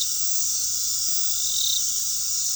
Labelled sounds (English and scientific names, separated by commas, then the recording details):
none
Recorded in pastures near Puerto Asís, Putumayo, Colombia, on 21 February 2024 at 19:30
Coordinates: 0.468, -76.328
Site G6414